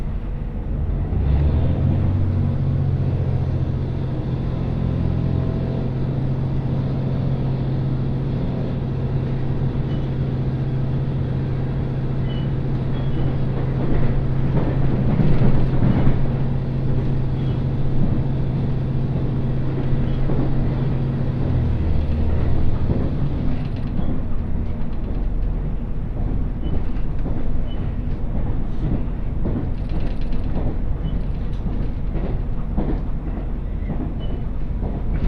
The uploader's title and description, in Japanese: 津軽線 蟹田→津軽二股。列車はGV-E400系の1両で、いわゆるハイブリッド車になります。